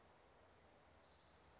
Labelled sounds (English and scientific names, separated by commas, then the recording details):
Orange-crowned Warbler (Leiothlypis celata)
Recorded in Sonoma County, California